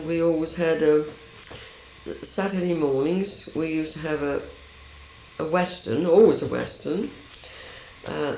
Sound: none

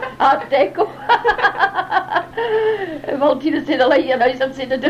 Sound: both laugh

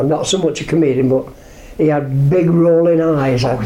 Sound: none

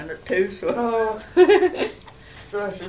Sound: laughs

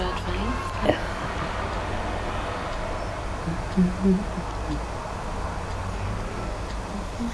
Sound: whispering voice

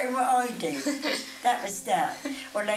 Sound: laughs

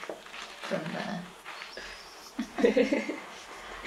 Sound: laughs

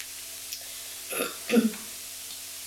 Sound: coughs

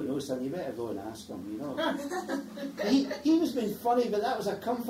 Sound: laughs

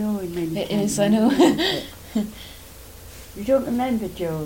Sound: laughs

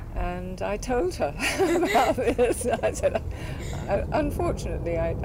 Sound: laughs

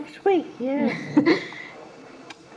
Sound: laughs

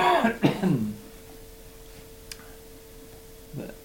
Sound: coughs

